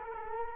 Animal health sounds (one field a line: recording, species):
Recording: mosquito wingbeat signal from an infrared sensor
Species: Culex quinquefasciatus